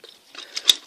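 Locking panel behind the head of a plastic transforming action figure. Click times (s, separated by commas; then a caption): 0.7 s. A small plastic panel behind the head of a Hasbro Transformers Fall of Cybertron Optimus Prime transforming action figure is flipped back to lock the head section in place. Faint plastic ticks and rattles build to a sharp, bright click at 0.7 s, with smaller ticks around 0.1, 0.6 and 0.9 s. The panel locks shut with the click at 0.7 s.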